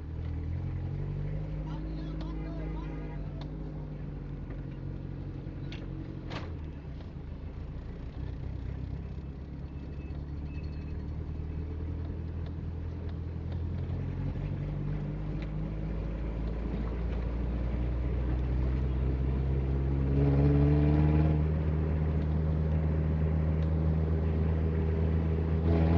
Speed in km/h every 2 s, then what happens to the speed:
13, 11, 12, 15, 17, 18, 22, 26, 29, 34, 35, 36, 41.
3-26 speeds up to 41.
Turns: none.